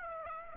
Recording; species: mosquito wingbeat signal from an infrared sensor; Aedes aegypti